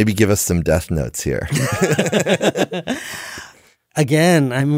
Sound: laughter